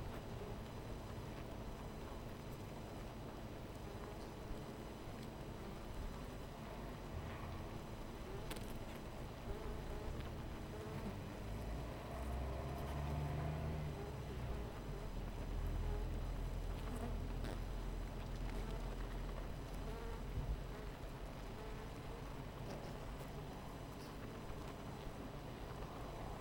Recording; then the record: honeybee colony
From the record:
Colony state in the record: missing queen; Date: 14 July 2017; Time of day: 12:30